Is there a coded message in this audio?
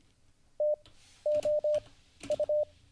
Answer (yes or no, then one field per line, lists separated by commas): yes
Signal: Morse code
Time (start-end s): 0.6-2.6 s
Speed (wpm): 25 wpm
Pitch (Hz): 600 Hz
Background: none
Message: TOU